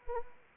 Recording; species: mosquito wingbeat signal from an infrared sensor; Anopheles arabiensis